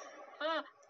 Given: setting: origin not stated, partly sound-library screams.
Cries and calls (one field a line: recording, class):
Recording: one-second piece from a danger detection set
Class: woman in danger